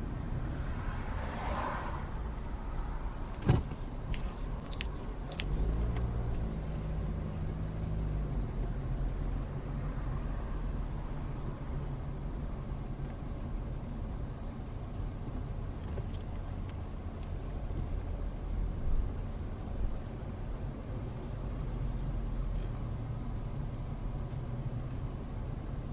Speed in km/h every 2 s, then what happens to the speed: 6, 5, 8, 11, 15, 13, 11, 8, 8, 11, 13, 11, 11.
3-7 speeds up to 15. 13-26 steady at about 11.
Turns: none.